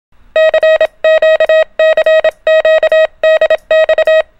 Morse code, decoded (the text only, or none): CQ CQ DX